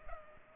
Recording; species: mosquito wingbeat signal from an infrared sensor; Culex pipiens